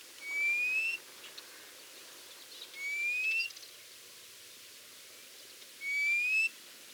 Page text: Thick-Billed Lark Song. Quick Sounds